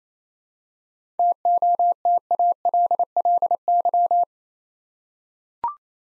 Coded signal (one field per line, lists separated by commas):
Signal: Morse code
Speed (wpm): 29 wpm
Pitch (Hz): 700 Hz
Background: none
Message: TOTALLY